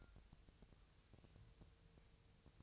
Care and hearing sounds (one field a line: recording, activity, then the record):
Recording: daily activity, microphone in the room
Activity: take from stove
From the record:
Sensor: 2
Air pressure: 999.2 hPa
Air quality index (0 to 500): 196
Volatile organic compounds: 27 ppm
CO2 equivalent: 2891 ppm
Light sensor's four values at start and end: 6/15/6/6 and 6/15/6/6